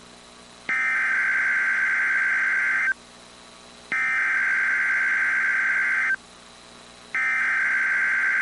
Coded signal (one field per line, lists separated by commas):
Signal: Emergency Alert System (SAME) tones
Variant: header bursts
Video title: 6/22/22 - Severe Thunderstorm Watch #402 on KIH35 (EAS #554)